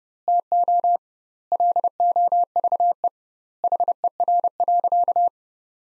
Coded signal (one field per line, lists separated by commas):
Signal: Morse code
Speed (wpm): 30 wpm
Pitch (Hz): 700 Hz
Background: none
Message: TO LOVE HER.